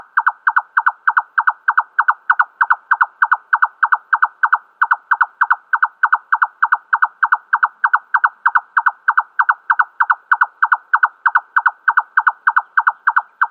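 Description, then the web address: Red-necked nightjar display song, an unbroken run of hollow, knocking double notes repeated about three times a second, steady and mechanical. Male display. "Schulze Peter Red-necked Nightjar male display"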